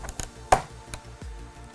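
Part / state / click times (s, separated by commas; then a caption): splitboard binding locking bail onto board mounting pucks / seated / 0.5 s. A Karakoram splitboard binding, already set onto the board's inserts (mounting pucks) front first with its rear set down, is locked as its metal bail is pressed shut. A few light taps at 0.1, 0.2 and 0.9 s surround one sharp, loud click at 0.5 s, followed by a low thud around 1.2 s. The bail locks and the binding is seated properly in place.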